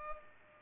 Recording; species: mosquito wingbeat signal from an infrared sensor; Culex pipiens